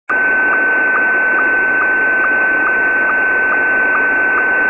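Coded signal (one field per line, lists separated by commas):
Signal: SSTV (slow-scan television)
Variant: Scottie 1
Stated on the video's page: Pirate shortwave SSTV images on 6955 kHz LSB, received on an Icom IC-R9500; signal very weak and noisy.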